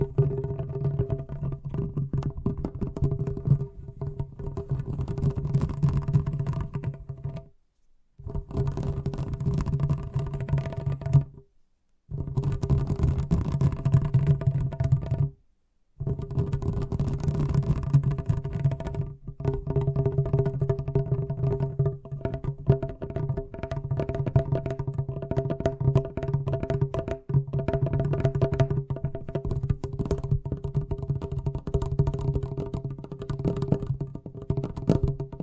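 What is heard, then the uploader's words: Fast tapping runs almost without pause, the strikes packed densely and evenly over a steady low hum. The sound cuts out completely three times, briefly near 8, 12 and 15 seconds, then resumes at the same level until the end. ASMR Braingasm Inducing Fast Tapping (No Talking).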